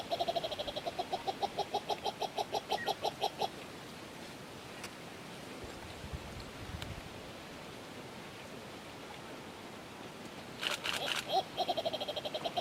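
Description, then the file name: Ruspoli's turaco song, a long run of rapid repeated harsh notes, a long pause, then the series starting again with a loud burst. "Canto do turaco de ruspoli"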